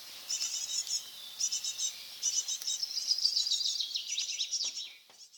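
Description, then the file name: Eurasian blue tit calls: rapid, scratchy, high churring bursts in quick succession, running together into a longer rattle before fading out. "Cyanistes caeruleus"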